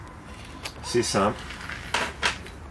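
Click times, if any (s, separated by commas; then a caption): 0.7 s. A 32 mm plastic snap clip is pressed with a little force over the greenhouse cover film onto a 32 mm greenhouse frame tube, and it snaps on with a sharp click at 0.7 s. Someone talks around it, and a few more brief sharp knocks follow later. The clip is seated on the tube, holding the film.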